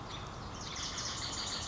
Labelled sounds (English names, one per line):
Wilson's Warbler